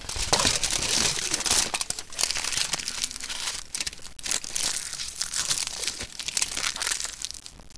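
Dense, fine crackling and crinkling sounds run continuously for about eight seconds over the body surface of an adult, like crumpling paper, with no clear breath rhythm. This is crepitus, the crackling produced by air or rough surfaces moving in tissue.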